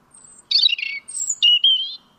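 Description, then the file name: European robin song, brief: a faint thin whistle, a burst of tumbling notes, then a high sweeping whistle into a drawn-out warble. "Erithacus rubecula"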